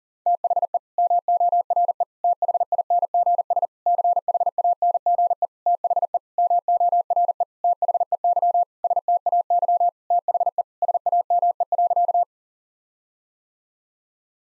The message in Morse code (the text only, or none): THE MORE THINGS CHANGE THE MORE THEY STAY THE SAME.